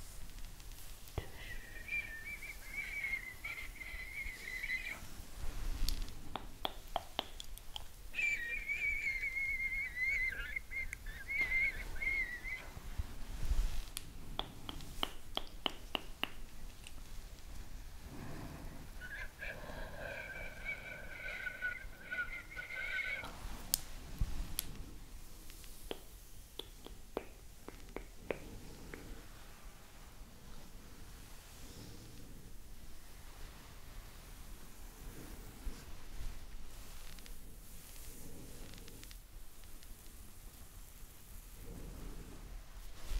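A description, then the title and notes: ASMR massage sounds: soft rubbing with frequent light taps and clicks throughout. In the first half, three drawn-out squeaky tones, around 2–5, 8–12 and 18–23 seconds, ride over the rubbing; afterward only quieter rubbing and scattered clicks remain. ASMR Massage For Relaxation.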